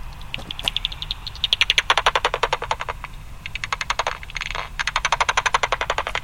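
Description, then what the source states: Common pipistrelle echolocation pulses heard through a bat detector as dry, rapid clicks in several trains, with brief gaps between them. Feeding buzz heard through a bat detector tuned to 45; pulses speed up as the bat locates, homes in on and eats a small insect; feeds on midges and mosquitoes.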